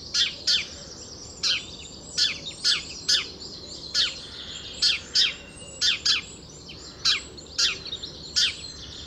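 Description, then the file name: House sparrow chirping, loud sharp chirps in an uneven series, some in quick pairs, over continuous high chatter of other birds. "Passer domesticus"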